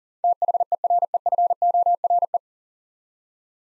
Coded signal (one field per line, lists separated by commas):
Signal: Morse code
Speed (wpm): 40 wpm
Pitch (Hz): 700 Hz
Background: none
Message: THEREFORE